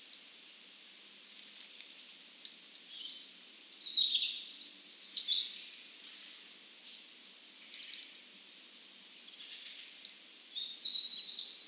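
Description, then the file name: European robin song: a continuous run of varied high warbled phrases, liquid sliding notes and sharp tinkling bursts with brief gaps. "Erithacus rubecula"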